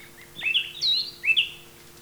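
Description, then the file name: Grey-breasted wood wren giving a brief whistled phrase of two or three sliding notes, sweet and clear, over a faint steady hum. "Henicorhina leucophrys - Grey-breasted Wood Wren"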